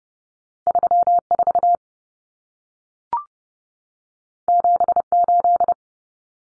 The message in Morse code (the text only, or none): 34 78